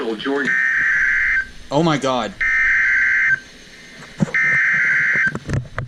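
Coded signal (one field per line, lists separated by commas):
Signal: Emergency Alert System (SAME) tones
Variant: header bursts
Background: speech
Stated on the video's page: Real alerts including a Required Weekly Test on KGG68 and a Severe Thunderstorm Warning on KEC80.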